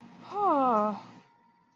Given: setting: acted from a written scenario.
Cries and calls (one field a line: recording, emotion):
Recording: vocal sound without words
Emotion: realization